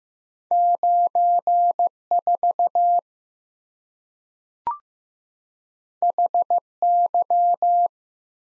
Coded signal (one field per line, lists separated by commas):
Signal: Morse code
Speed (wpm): 15 wpm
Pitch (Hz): 700 Hz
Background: none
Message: 94 HY